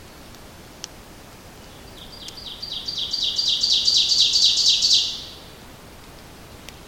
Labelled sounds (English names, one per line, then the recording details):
Ovenbird song
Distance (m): 15 m
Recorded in boreal forest in Alberta, Canada, on 29 May 2016 at 06:10
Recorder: SongMeter 3, array SBT-3-49
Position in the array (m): 123 m, 133 m
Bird 15